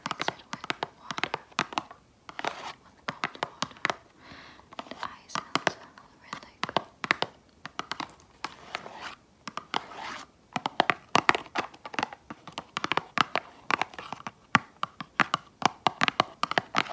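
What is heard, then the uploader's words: Fingernails tap on a screen and other hard items in quick, uneven bursts, sharp clicks arriving several times a second with brief pauses between clusters. The taps are crisp and bright, mixed with faint scratchy rubbing, and grow louder and denser after the ten-second mark. Tapping on random items, screen tapping, nail tapping.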